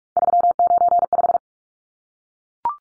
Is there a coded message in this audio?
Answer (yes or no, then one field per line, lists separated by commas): yes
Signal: Morse code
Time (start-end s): 0.2-1.4 s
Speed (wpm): 44 wpm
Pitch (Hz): 700 Hz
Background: none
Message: 395